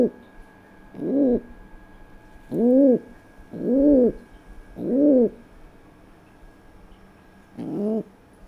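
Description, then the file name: Pigeon cooing: deep, rounded, rising-and-falling hoots in a loose, irregular series over a quiet background. "Columbidae"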